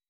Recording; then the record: hydrophone in a shrimp aquaculture tank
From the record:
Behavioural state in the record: weakened